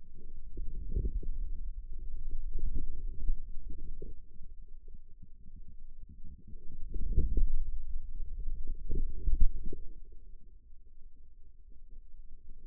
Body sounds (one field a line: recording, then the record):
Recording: forearm muscle sounds (acoustic myography)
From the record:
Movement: outward rotation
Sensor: system 2, bracelet of six BSWA MPA416 microphones around the upper forearm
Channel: 3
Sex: male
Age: 22 years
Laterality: right